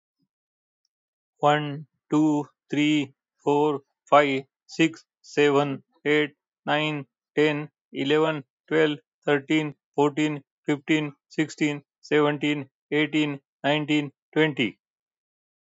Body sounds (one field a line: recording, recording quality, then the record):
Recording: counting at a normal pace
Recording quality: excellent, no background noise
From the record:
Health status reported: healthy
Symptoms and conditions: none ticked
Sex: male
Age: 72 years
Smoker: not ticked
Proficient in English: yes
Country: India